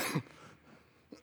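Adult man gives a brief cough during a church sermon.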